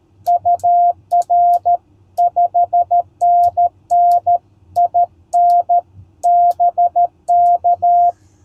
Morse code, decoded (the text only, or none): UR 5NN IN BK